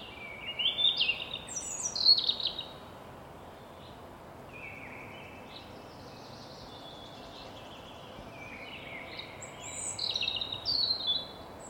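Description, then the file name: European robin singing high, thin warbling phrases with sliding whistles and quick twitters, louder at the start and end and softer in between, over a steady background hiss. "Erithacus rubecula"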